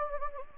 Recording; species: mosquito wingbeat signal from an infrared sensor; Anopheles gambiae